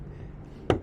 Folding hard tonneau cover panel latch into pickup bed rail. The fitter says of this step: locks into place